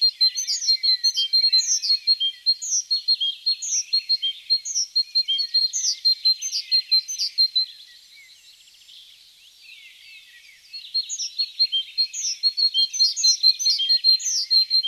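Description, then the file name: Great tit giving strings of quick high chirps for several seconds, a quiet gap of about three seconds, then the rapid chirping resumes. "Parus major"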